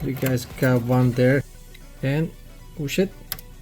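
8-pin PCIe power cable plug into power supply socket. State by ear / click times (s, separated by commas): seated / 3.3 s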